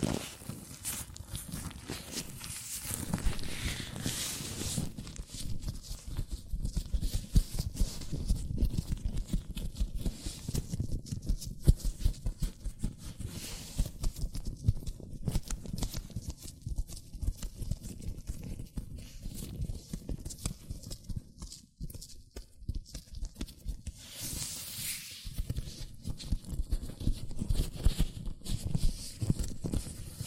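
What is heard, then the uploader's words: Latex gloves are rubbed and handled, producing a continuous dense rustle of soft squeaks, snaps and scratchy friction. The texture keeps shifting without a regular rhythm, with brighter, hissier swipes around five seconds and again near twenty-five seconds, and a brief lull near twenty-two seconds. ASMR Latex Gloves Hand Sounds (No Talking).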